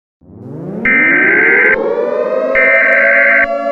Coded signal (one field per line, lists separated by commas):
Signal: Emergency Alert System (SAME) tones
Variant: header bursts